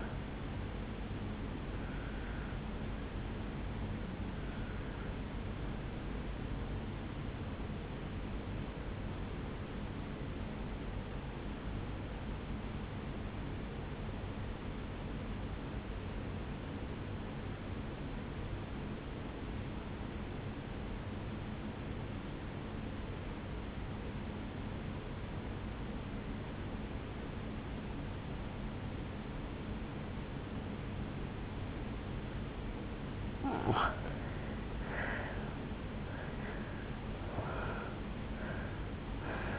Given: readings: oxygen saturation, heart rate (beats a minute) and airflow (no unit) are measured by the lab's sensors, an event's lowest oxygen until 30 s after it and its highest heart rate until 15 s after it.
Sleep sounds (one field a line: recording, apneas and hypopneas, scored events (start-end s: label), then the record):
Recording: breathing in sleep by a voice recorder at the bedside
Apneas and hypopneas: 1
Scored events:
3.00-33.30 s: obstructive apnea (N1, oxygen 97% highest, then 85% lowest, heart rate 62 at the start, 73 highest)
8.00-38.00 s: new sleep stage, N2 (light sleep)
38.00-39.59 s: new sleep stage, N1 (lightest sleep)
From the record:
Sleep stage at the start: N1 (lightest sleep)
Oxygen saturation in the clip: 82 to 97%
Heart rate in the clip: 57 to 72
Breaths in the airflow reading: 3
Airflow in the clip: -13.9 to 9.8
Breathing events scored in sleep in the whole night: 449 in 7.0 hours asleep